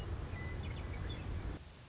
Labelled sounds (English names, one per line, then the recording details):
Western Meadowlark
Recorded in Sonoma County, California